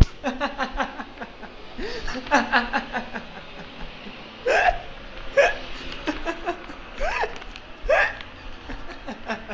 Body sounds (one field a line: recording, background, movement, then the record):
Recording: laughter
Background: traffic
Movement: walking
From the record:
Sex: male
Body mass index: 21.0 kg/m2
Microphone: on the chest, facing the body